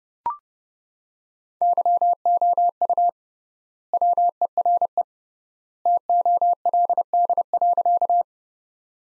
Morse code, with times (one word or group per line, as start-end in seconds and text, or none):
1.6-3.1 YOU
3.9-5.0 WERE
5.9-8.2 TOLD.